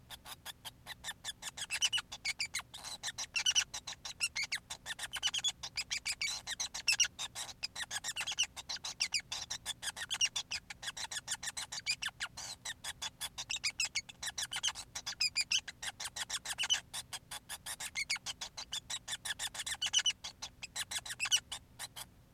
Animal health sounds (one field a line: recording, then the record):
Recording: song of a male Bengalese finch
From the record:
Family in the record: son of father 5